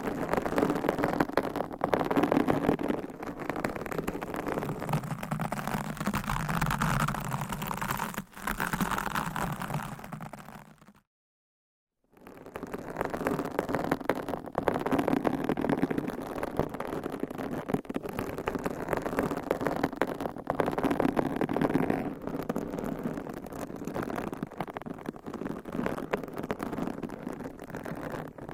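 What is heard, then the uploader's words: Dense scratching of nails across a microphone cover, with rough rumbling friction that stops abruptly near eleven seconds before resuming just as busily. Mic Scratching - Brain Scratching with DIFFERENT MICS Covers & Nails. No Talking.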